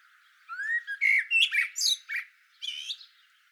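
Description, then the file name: Eurasian blackbird gives a rising fluted note, then a run of varied warbles and sharp squeaky chirps, ending with a high squeaky phrase. "Turdus merula"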